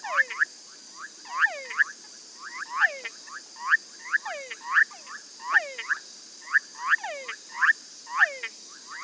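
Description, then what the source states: Chorus of tree frogs giving quick stacked clicks and downward-gliding notes, pulsing in overlapping bursts roughly every second, above a continuous shrill background drone. Several tree frogs recorded with a parabolic microphone; mixed excerpt.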